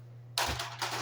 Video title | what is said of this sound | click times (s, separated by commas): nerf collection | there's the mag and you would slide it in like this until how you hear click and then hit that button when you're done shooting | 0.4 s